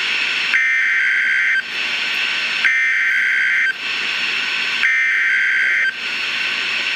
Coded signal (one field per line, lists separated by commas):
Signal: Emergency Alert System (SAME) tones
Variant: header bursts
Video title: NOAA Weather Radio - EAS #116: Severe Thunderstorm Warning (3/23/2012)